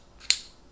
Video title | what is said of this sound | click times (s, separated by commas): Coast XP-Series Headlamps & Flashlights | slide the barrel in and out to focus it and like the others twist it to lock it and this one you can hear click | 0.3 s